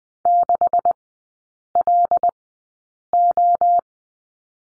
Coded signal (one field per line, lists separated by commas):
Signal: Morse code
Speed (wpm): 20 wpm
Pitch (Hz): 700 Hz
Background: none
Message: 6LO